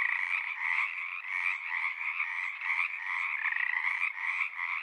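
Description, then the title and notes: Many Pacific tree frogs croaking together, quick rhythmic pulses stacked into a loud, continuous chorus. Large raucous community at frog ponds in Seattle, Washington, USA; sings spring or summer near dusk or pre-dawn; recorded on a Sound Devices 702 with a Røde NT5 ORTF pair. "One local community here in Seattle is located in the Frog Ponds of Magnusson Park"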